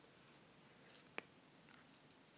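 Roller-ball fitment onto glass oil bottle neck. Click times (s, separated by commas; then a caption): 1.2 s. A plastic roller-ball fitment is pressed by hand onto the neck of a small glass essential oil bottle. It snaps into place with one sharp click at 1.2 s against a quiet background, and a fainter tick follows at 1.7 s. The fitment is seated on the bottle.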